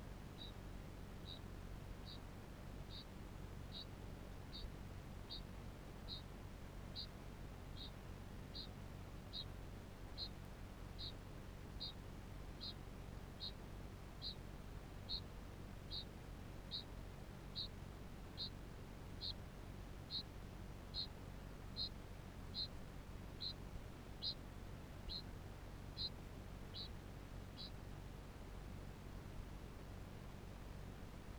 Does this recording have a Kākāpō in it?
yes